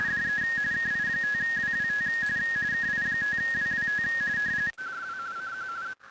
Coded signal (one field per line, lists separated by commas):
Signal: RTTY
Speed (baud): 45.45 baud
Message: DE KI5WWT KI5WWT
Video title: Weekly RTTY TEST - 5-29-2026